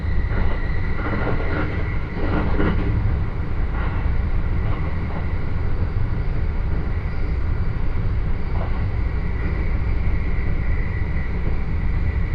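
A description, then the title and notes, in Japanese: Inside a local commuter train underway, a steady, heavy low rumble holds at an even level throughout. A faint whine runs high above it, and brief clattering bursts of wheels over rail joints come between about one and five seconds and again near eight seconds. 耳で楽しむ鉄道旅 常磐線普通 石岡→土浦→取手。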